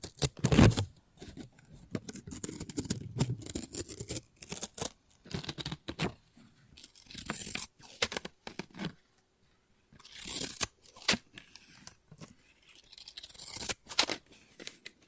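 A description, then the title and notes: Scissors snip and cut through paper in irregular bursts, each cut a sharp, crisp slice with bright rustling edges. The snips come in quick clusters separated by short quiet gaps, with louder cuts near the start and around 10 and 14 seconds, and soft low rustling between them. ASMR Scissors No Talking Snips and Cutting Paper.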